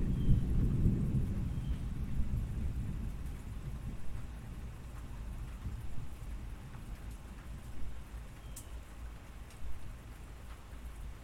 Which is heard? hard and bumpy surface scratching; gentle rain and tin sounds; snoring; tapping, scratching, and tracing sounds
gentle rain and tin sounds